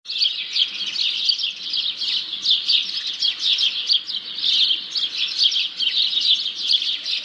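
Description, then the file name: House sparrow chirping: a dense, continuous chatter of high, overlapping chirps that swells and fades throughout. "Passer domesticus"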